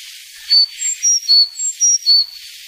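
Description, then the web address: Sakhalin leaf warbler song: seven short, thin, very high whistled notes cycling through three pitches, delivered in a quick phrase under two seconds long over a soft background hiss. "sikioto. ezomushikui"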